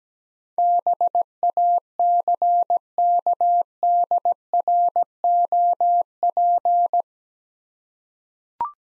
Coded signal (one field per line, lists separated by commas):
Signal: Morse code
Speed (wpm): 17 wpm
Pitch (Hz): 700 Hz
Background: none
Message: BACKDROP